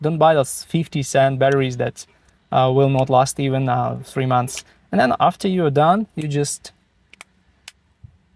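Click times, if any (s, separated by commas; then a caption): 7.1 s, 7.2 s, 7.7 s. Someone talks, then the two plastic halves of a Honda Clarity key fob are pressed together firmly from all sides over the battery compartment after its coin battery is replaced. Three short, sharp clicks come at 7.1, 7.2 and 7.7 seconds as the latches snap in. The case is shut and seated.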